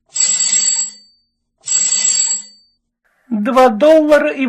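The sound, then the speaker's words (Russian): A telephone rings twice, each bright, buzzing ring lasting just under a second with a short pause between, and then a voice begins speaking. “Телефон немедленно зазвонил.”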